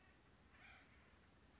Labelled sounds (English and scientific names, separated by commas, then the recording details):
Acorn Woodpecker (Melanerpes formicivorus)
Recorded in Sonoma County, California